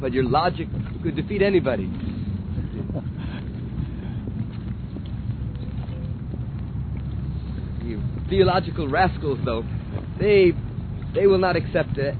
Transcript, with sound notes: Your logic could defeat anybody. (Prabhupāda chuckles) The theological rascals, though, they will not accept